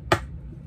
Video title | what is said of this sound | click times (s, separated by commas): Batman Mask Of The phantasm Blu-Ray 4K Unboxing | beautiful then we got to open it to hear that snap | 0.1 s